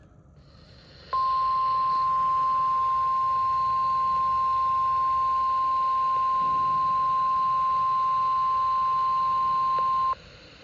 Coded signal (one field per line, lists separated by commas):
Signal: Emergency Alert System (SAME) tones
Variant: 1050 Hz attention tone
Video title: WWG49 (PAH) Winter Storm Warning. 1/22/26 EAS #534